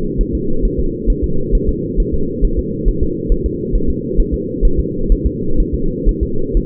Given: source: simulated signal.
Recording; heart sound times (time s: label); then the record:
fetal heart sounds
0.21 s: S1
0.35 s: S2
0.65 s: S1
0.80 s: S2
1.10 s: S1
1.24 s: S2
1.55 s: S1
1.69 s: S2
2.00 s: S1
2.14 s: S2
2.44 s: S1
2.59 s: S2
2.88 s: S1
3.03 s: S2
3.32 s: S1
3.46 s: S2
3.75 s: S1
3.90 s: S2
4.20 s: S1
4.34 s: S2
4.65 s: S1
4.79 s: S2
5.12 s: S1
5.26 s: S2
5.60 s: S1
5.75 s: S2
6.09 s: S1
6.23 s: S2
6.57 s: S1
From the record:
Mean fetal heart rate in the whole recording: 130 bpm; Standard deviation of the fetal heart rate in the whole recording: 4 bpm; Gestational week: 38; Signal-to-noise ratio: -8.1 dB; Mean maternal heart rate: 72 bpm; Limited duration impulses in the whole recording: present